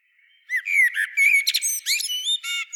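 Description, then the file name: Common blackbird giving one continuous phrase of fluty whistles and harsher squeaky notes. "Turdus merula"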